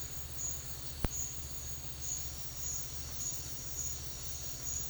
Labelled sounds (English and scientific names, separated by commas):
none